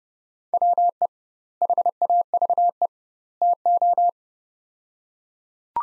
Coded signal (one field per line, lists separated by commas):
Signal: Morse code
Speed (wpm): 30 wpm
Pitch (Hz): 700 Hz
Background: none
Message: WE HAVE TO